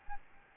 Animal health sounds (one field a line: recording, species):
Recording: mosquito wingbeat signal from an infrared sensor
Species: Aedes albopictus